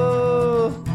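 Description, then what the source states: Gray wolf howl, a steady, smooth, sustained tone held level for most of a second before it breaks off abruptly. Wolf song at Brainerd.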